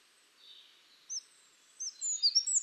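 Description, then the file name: Eurasian wren: a single sharp high note, then a quickening run of short, very high chirping notes that grows louder toward the end, over faint background hiss. "Troglodytes troglodytes"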